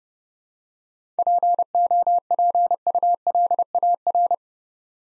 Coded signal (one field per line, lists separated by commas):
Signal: Morse code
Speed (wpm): 30 wpm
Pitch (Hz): 700 Hz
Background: none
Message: POPULAR